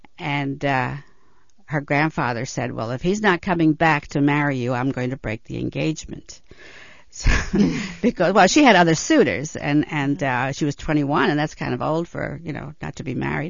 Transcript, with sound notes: And her grandfather said, "Well, if he's not coming back to marry you, I'm going to break the engagement." (She laughs) She had other suitors, and she was twenty-one, and that's kind of old for, you know, not to be married.